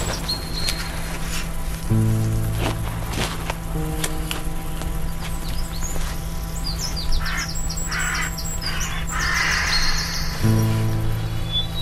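Crow giving a few harsh caws over a steady low mechanical hum.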